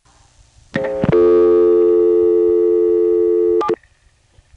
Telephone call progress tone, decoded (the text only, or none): dial tone